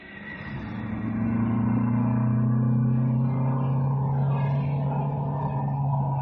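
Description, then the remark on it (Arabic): A car engine hums low and steady, swelling louder as an oncoming car on the road approaches and then idling with a continuous rumble as it comes to a stop after being waved down. “شاور شاور، ما تحمليش هم، أنا حوقفلك العربية اللي جاي.”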